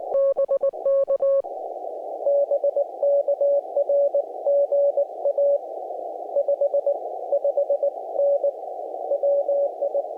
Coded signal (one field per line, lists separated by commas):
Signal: Morse code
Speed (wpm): 20 wpm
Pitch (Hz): 550 Hz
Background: none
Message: BK BK R GA 55N WI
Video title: QRP, CW POTA IN A SOLAR STORM - FT-891, GABIL 7350TC